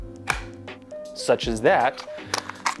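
A pistol, either airsoft or real, is pushed into a molded kydex holster and locks in with a sharp, hard retention click at 0.3 s, seating firmly. Someone talks over steady background music, and a few more short, sharp ticks follow near the end.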